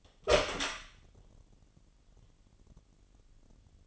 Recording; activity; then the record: daily activity, microphone in the room; open door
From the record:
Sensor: 4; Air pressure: 999.2 hPa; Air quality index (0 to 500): 117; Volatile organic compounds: 2 ppm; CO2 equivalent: 1150 ppm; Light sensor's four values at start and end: 13/30/12/13 and 13/32/13/14